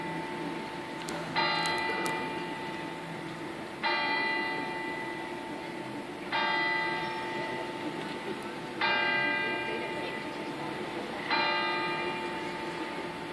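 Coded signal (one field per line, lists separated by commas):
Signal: clock strike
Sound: a single church bell struck slowly, five strikes heard, each ringing out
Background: outdoor ambience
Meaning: Hour signal for 18:00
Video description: -h. 18:00: segnale orario sulla mezzana Re3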